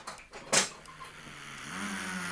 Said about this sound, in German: Motorengeräusche, sie kommen! Du, Dick, das sind aber sehr viele Autos! Und sie kommen von allen Seiten!